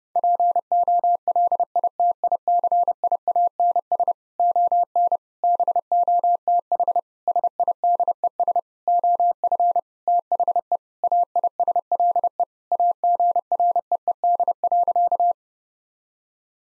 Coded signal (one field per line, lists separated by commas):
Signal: Morse code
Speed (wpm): 30 wpm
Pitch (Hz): 700 Hz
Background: none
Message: POLITICIANS ON BOTH SIDES OF THE AISLE AGREED.